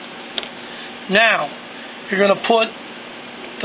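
An orange plastic clip is taken off a refillable HP 564 or 920 ink cartridge, giving a short sharp snap at 0.4 s as it comes free. Someone talks, and the clip is released from the cartridge.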